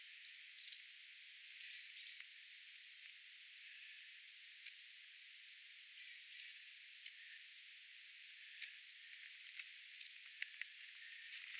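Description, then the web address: Long-tailed tit flock calling: scattered, thin, very high notes and brief trills from several birds throughout, mostly soft with a few louder bursts. Small flock of little birds including long-tailed tits, a tit flock calling, recorded 27 January 2026. "27 1 2026 pikkulintuparvi pyrstotiais tiaisparven aantelya"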